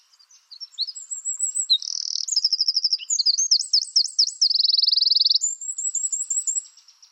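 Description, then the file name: Eurasian wren song, one long, loud outburst of very high-pitched notes linked into fast trills and rattles, with no pauses, lasting about six seconds. "Troglodytes troglodytes"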